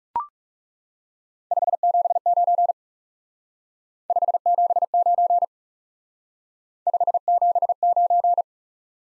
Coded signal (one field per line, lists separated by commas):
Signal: Morse code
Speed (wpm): 37 wpm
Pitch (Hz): 700 Hz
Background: none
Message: 579 579 579